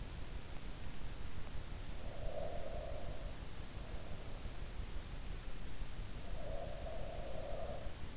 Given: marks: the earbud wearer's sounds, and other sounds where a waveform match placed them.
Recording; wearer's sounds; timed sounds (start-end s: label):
sounds in sleep by an in-ear microphone; breath
1.66-3.37 s: breath
6.23-8.17 s: breath